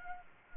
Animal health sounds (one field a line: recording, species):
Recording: mosquito wingbeat signal from an infrared sensor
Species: Culex quinquefasciatus